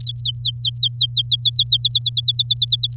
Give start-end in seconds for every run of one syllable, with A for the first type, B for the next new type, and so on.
0.00-1.77 A, 1.80-2.93 B